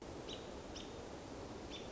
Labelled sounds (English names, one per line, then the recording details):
American Robin
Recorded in Sonoma County, California